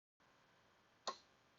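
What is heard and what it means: The lower fuel line quick-connect coupling is slid onto the fuel rail fitting of a 5.3L GM V8 engine. A single sharp click sounds at 1.1 s over a steady low background hiss as the coupling locks home, leaving it seated on the fuel rail.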